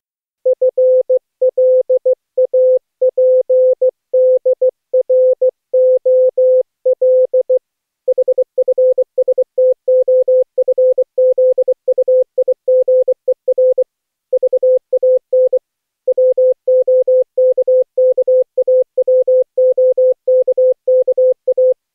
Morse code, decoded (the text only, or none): FLAPDROL HFSTOFZUIGER VAN WOKKAWOKKA